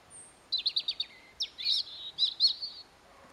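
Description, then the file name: European robin song: a thin high whistle, then a quick run of descending notes and a brief warbled flourish, all within about three seconds. "Erithacus rubecula"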